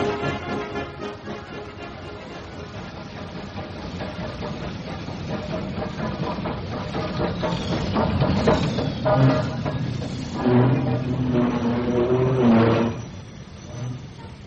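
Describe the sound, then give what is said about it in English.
A train rolls along the tracks on a 17-hour railway journey in a steady, heavy rumble that swells louder midway, with ringing metallic tones and squeals rising over the noise before it eases off. “Quite a journey, isn't it? 17 hours in the train.”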